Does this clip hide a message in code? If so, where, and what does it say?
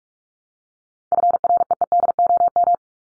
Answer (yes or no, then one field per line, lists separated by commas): yes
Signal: Morse code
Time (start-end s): 1.1-2.8 s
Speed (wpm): 44 wpm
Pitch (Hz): 700 Hz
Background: none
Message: FREEDOM